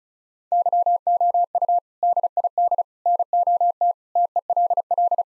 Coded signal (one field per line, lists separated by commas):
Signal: Morse code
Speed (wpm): 36 wpm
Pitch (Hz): 700 Hz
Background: none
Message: YOU DID NOT TELL